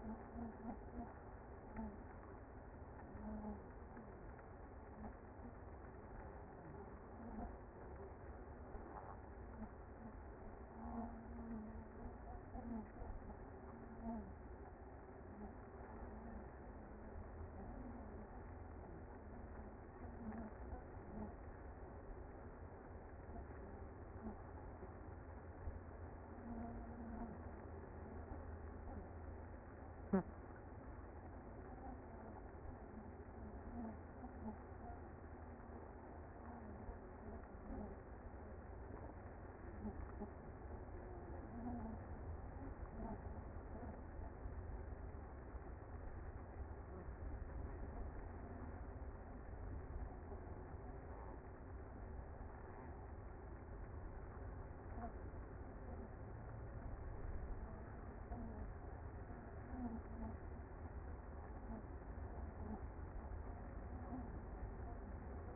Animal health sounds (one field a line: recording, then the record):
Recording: honeybee colony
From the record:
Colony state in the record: active